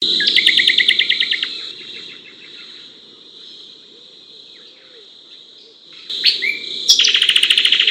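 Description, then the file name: Dark-brown honeyeater song: a fast stuttering trill, a quiet stretch, then loud sharp notes and a dense chattering burst, with steady insect buzzing behind. "lichmera incana"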